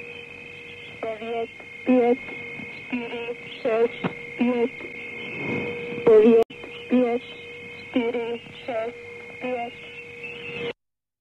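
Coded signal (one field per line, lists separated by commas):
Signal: numbers station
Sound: about ten short evenly spaced spoken words over steady whining tones and static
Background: radio static, heterodyne whine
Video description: Soundtrack is a numbers station recording from the Conet Project.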